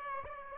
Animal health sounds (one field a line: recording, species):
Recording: mosquito wingbeat signal from an infrared sensor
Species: Aedes aegypti